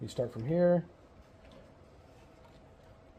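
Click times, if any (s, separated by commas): none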